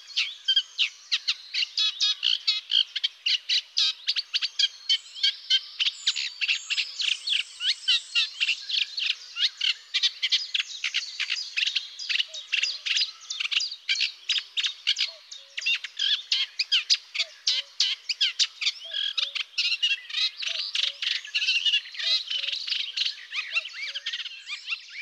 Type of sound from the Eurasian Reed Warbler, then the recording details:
song. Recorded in the wild. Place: Flögelner See, Schleswig-Holstein, DE. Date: 2004-05-08. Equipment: MiniDisc Sharp MT 20 H, Telinga DAT, Telinga-Parabolspiegel. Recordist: Schwarz, Dieter